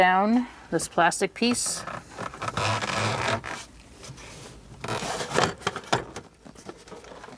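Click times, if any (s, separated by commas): 5.7 s, 5.9 s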